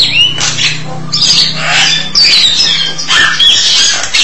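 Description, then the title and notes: Starling song of loud squawks and rasping chatter mixed with thin, sliding whistles, delivered in quick bursts. "suara burung jalak"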